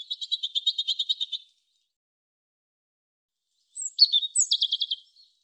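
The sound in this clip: European robin song: two high, thin phrases, the first a rapid trill, the second opening with sharp high notes then dropping into a fast trill, separated by silence.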